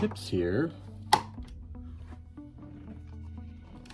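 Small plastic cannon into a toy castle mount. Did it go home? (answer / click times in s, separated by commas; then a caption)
yes / 1.1 s. A small plastic cannon is pressed onto the tip of a 2022 Castle Grayskull toy castle playset mount and snaps into place with a sharp click at 1.1 s, locking in. Someone talks at the start, and soft background music plays throughout.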